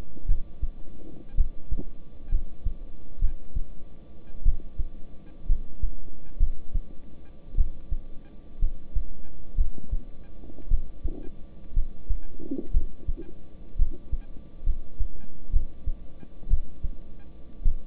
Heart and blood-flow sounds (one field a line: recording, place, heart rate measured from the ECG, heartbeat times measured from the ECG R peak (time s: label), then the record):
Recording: heart sounds by stethoscope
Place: between the tricuspid and mitral areas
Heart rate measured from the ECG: 59 bpm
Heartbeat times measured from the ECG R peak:
0.26 s: heartbeat
1.35 s: heartbeat
2.29 s: heartbeat
3.19 s: heartbeat
4.43 s: heartbeat
5.46 s: heartbeat
6.38 s: heartbeat
7.55 s: heartbeat
8.59 s: heartbeat
9.55 s: heartbeat
10.68 s: heartbeat
11.74 s: heartbeat
12.71 s: heartbeat
13.76 s: heartbeat
14.64 s: heartbeat
15.51 s: heartbeat
16.48 s: heartbeat
17.62 s: heartbeat
From the record:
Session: rest, lying down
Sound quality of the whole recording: good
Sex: male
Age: 26 years